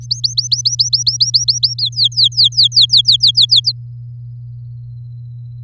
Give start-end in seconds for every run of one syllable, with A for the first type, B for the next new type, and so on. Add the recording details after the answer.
0.01-1.74 A, 1.78-3.72 B. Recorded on 8 May 2018 at 07:45. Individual llb16